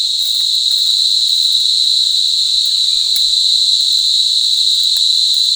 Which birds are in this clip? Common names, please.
none